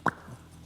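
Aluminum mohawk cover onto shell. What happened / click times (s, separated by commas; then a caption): The aluminum cover snapped into place / 0.1 s. A double-sided fabricated aluminum mohawk piece is pressed onto the shell as a pressure fit and snaps into place with a sharp, bright plop at 0.08 s, followed by a faint low thump and quiet background. The mohawk cover is seated on the shell.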